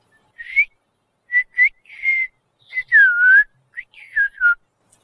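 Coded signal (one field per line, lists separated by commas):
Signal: whistled language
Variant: Turkish kuş dili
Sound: a clear whistle gliding in pitch through about nine short speech-like syllables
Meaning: I am going to the third grade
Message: Üçüncü sınıfa gidiyorum.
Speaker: ıslık çalarak kaçıncı sınıfa gittiğini bir söyle bakalım. Ben tahmin edeyim. Üçüncü sınıfa gidiyorum.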